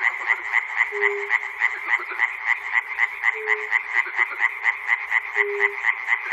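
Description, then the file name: Frogs calling in a rhythmic chorus of quick pulsed croaks, a short low tone sounding three times. Recorded at Chernobyl. "peter cusack-chernobyl frogs"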